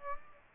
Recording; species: mosquito wingbeat signal from an infrared sensor; Aedes aegypti